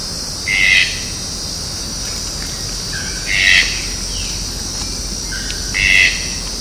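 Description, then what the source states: Red-breasted toucan calls: three rough, croaking notes spaced about two and a half seconds apart, with brief thin whistles from another bird and a high insect drone behind. Recorded at the Jardim Botânico, São Paulo, Brazil, on 15 October 2015.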